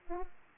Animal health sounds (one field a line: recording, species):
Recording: mosquito wingbeat signal from an infrared sensor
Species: Aedes aegypti